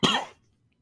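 One short, loud adult cough, a sharp noisy burst fading within a third of a second.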